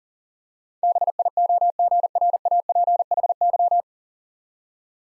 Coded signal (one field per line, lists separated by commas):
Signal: Morse code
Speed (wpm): 40 wpm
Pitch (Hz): 700 Hz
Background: none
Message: BIOGRAPHY